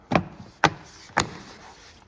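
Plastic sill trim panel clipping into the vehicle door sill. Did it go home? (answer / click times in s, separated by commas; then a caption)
yes / 0.6 s, 1.2 s. The plastic door sill trim panel on a 2016-2021 Toyota Highlander is lined up, shaken to settle it, then pushed down into the door sill during a start-stop disable harness install. A softer knock comes at 0.2 s, followed by two sharp clicks at 0.6 s and 1.2 s as its clips snap into the body. The panel is seated in place.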